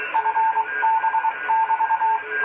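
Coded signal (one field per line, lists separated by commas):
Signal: Morse code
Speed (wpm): 23 wpm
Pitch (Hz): 890 Hz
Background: radio noise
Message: FB<BT>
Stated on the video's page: QRP Morse operation with an old WW2 Wireless Set No. 19.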